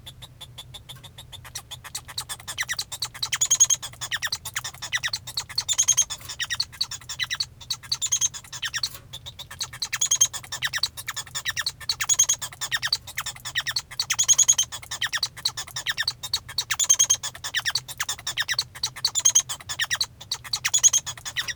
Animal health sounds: song of a male Bengalese finch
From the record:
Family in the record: son of father 1

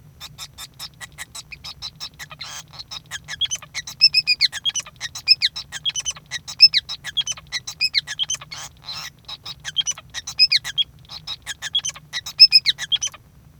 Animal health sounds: song of a male Bengalese finch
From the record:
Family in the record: son of father 5

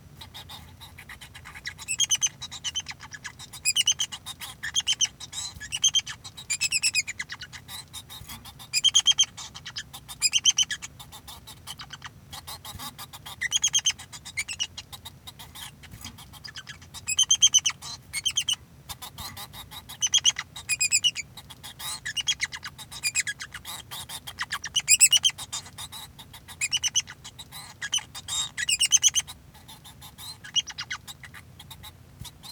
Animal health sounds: song of a male Bengalese finch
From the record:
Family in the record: son of father 2

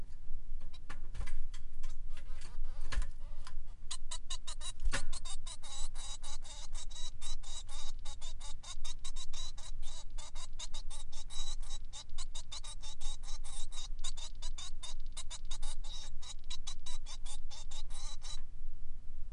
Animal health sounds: song of a male Bengalese finch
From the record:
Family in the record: son of father 3

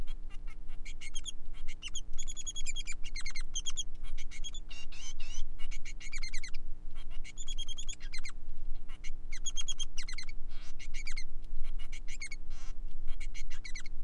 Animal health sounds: song of a male Bengalese finch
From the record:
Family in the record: son of father 3

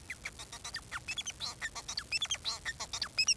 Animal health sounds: song of a male Bengalese finch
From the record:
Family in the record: son of father 4

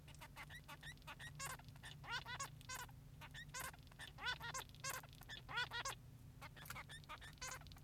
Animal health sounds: song of a male Bengalese finch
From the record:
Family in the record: son of father 3

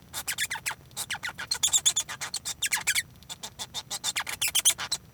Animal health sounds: song of a male Bengalese finch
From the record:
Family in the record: son of father 1

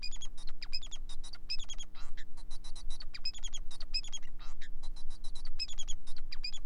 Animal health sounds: song of a male Bengalese finch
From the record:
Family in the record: son of father 4

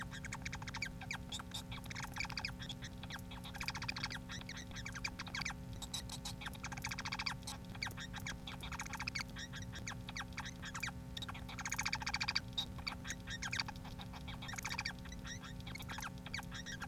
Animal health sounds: song of a male Bengalese finch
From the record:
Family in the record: son of father 4

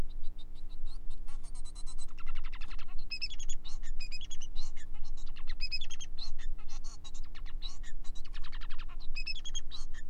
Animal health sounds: song of a male Bengalese finch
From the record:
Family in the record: son of father 4

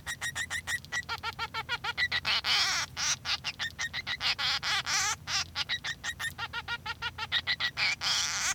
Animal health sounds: song of a male Bengalese finch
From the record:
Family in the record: son of father 3

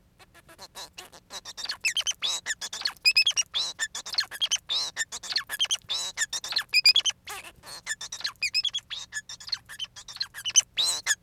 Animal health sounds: song of a male Bengalese finch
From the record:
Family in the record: son of father 4

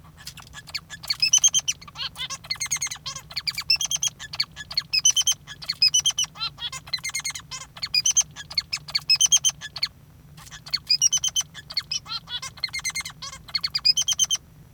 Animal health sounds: song of a male Bengalese finch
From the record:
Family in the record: father 3

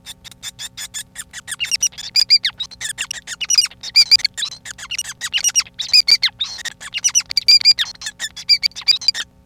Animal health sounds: song of a male Bengalese finch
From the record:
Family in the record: son of father 5

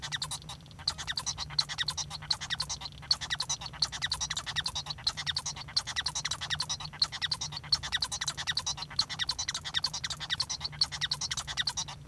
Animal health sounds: song of a male Bengalese finch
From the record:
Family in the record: son of father 1

